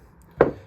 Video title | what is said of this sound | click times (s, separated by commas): GM 6L80 transmission fluid thermal bypass valve parts replacement | below the flip all the way around as you can see we well actually I don't know if you can see that you might have heard that click but | 0.4 s